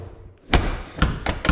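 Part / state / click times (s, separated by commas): pickup truck door latch into striker / not seated / none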